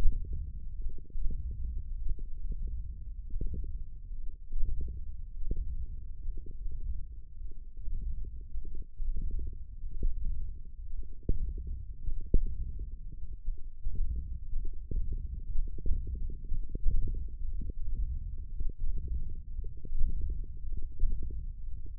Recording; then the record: forearm muscle sounds (acoustic myography)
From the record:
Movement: wrist extension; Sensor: system 1, eight BSWA MPA416 microphones around the upper forearm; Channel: 3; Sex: male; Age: 21 years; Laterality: right